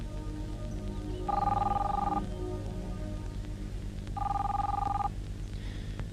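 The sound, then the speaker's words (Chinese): A telephone rings twice in steady electronic bursts, each about a second long with a bright, buzzing tone, separated by a pause, over a low rumbling background hum. “你不想接电话？”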